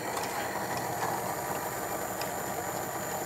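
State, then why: Not seated. An ink damper and its hose are being arranged on a printer print head so the hose does not kink, before the damper is pushed onto the print head. A steady, even mechanical drone fills the 3.3 seconds with no distinct knocks or sudden sounds. The damper has not been pushed home or clicked yet.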